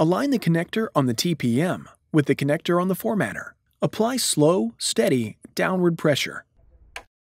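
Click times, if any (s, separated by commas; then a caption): 7.0 s. Someone talks while an HP trusted platform module (TPM) board, held by its edges, has its connector aligned with the connector on the printer's formatter board and is pressed down with slow, steady pressure. A short tick-like click sounds at 6.96 s as the TPM connector seats fully into the formatter.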